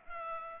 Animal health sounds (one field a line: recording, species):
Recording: mosquito wingbeat signal from an infrared sensor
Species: Culex pipiens